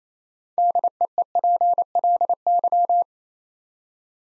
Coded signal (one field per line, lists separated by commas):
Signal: Morse code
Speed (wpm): 29 wpm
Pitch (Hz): 700 Hz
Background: none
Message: DEEPLY